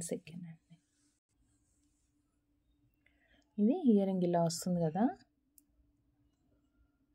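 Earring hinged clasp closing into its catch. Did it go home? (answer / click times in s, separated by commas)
yes / 5.6 s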